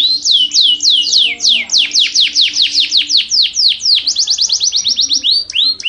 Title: Suara Burung Kenari Yorkshire Gacor Kicau Panjang